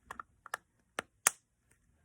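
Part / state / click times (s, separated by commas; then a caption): snap lid on small plastic storage container / seated / 1.3 s. The snap lid of a small plastic pumpkin-shaped storage container is pressed closed. A few light clacks come at about 0.1, 0.2, 0.5 and 1.0 seconds, then a sharp, loudest click at 1.3 seconds, followed by faint ticks. The lid snaps shut and is closed tight.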